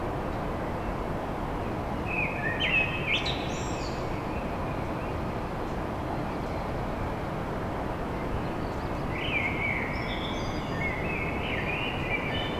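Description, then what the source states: Common blackbird song, two warbled phrases with high twittering tails separated by a quiet gap, beneath heavy steady low-pitched noise. Blackbird song at dawn in Paris.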